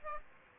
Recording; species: mosquito wingbeat signal from an infrared sensor; Aedes aegypti